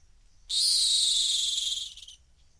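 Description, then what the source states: Rock hyrax emitting one rough, hissing shriek of about one and a half seconds that fades gradually at its close. Calling from the edge of a gorge in the Masai Mara.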